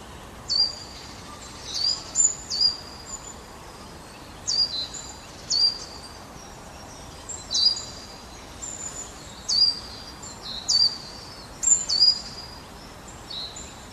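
Great tit singing short, high, clear paired notes, repeated at irregular intervals, over a steady hiss of background noise.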